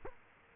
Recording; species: mosquito wingbeat signal from an infrared sensor; Culex quinquefasciatus